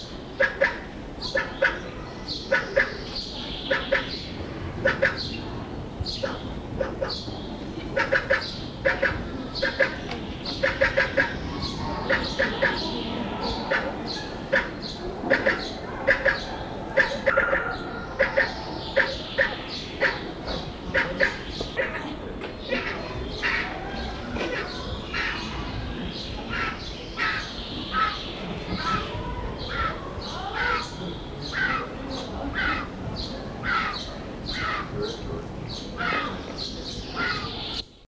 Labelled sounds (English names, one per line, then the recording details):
Himalayan Vulture call
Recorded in captivity
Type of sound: call
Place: Zoo Nürnberg, Bayern, DE
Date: 1983-05-28
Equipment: Halbspur, 9,5 cm/s
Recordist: Lütgens, Hans
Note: Betteln